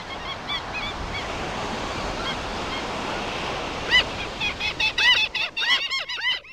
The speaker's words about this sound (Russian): Только волны, серые обрывки туч и ветер – который гонял все это влагосодержащее неспокойствие с не меньшим усердием, чем и в Атлантике.